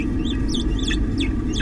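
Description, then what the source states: Naked mole rat chirps, a series of short high sweeping notes repeated roughly every third of a second over a steady low hum. Courtship song, played as an example.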